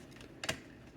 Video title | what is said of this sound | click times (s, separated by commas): COWABUNGA!! Transformers TMNT 2024 Collaborative Party Wallop Figure - Rodimusbill Review! | there you go and that tab does slide in there it doesn't lock in | none